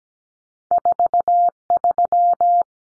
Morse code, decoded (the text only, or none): 43